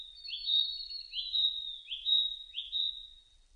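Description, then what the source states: Narcissus flycatcher song: four repeated rising whistled notes, each sweeping upward into a sustained high tone, in an even sequence. 30 April 2005.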